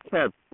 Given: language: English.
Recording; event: throat vibration sensor signal played as sound; speech